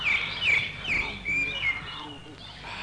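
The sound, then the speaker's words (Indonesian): Birds chirp in a quick series of bright, high-pitched calls as they fly away, repeating every half second or so over a soft rustling hiss, then trailing off into quieter noise toward the end. “Terbang semua burung-burungku.”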